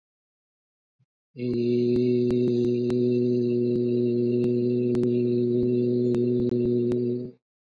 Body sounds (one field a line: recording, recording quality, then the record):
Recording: sustained vowel as in made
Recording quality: excellent, no background noise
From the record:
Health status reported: healthy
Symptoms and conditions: cold, fatigue, muscle pain, loss of smell and taste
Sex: male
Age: 39 years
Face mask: not worn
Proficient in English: yes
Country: India